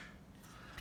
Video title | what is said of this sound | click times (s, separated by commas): Scosche BoomCan MS MagSafe Compatible Speaker Stand For iPhone 12+ Review 5-24-23 | and has a nice satisfying snap to the back of the magsafe | 0.8 s